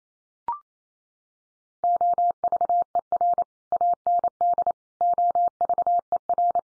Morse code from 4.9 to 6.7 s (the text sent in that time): OVER